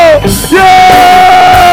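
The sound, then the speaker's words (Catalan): A crowd at a rap performance cheers and yells loudly for a couple of seconds as an MC is called to the microphone, with a few sustained high shouts rising above the dense roar of voices. “Una mica de soroll pel meu home”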